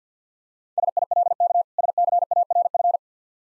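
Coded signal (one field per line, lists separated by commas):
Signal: Morse code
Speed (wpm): 48 wpm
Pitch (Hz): 700 Hz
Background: none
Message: SILK SCARF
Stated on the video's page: Practice set of difficult words with contextual hints, sent at 50 wpm for copying practice.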